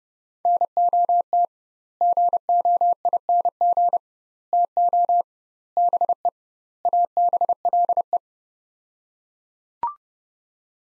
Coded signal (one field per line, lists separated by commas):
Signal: Morse code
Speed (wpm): 30 wpm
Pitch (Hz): 700 Hz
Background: none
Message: NOT GOING TO BE ABLE